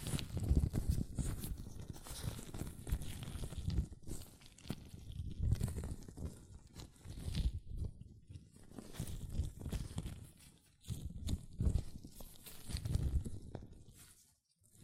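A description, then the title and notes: Latex gloves rub and snap against hands in irregular crinkling bursts, with dense squeaky friction swelling and fading throughout, briefly quieting near eleven seconds. ASMR Latex Gloves Hand Sounds (No Talking).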